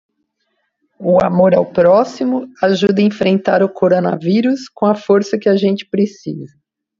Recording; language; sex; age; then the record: spoken sentence; Brazilian Portuguese; female; 50 to 59 years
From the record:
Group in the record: control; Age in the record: 53 years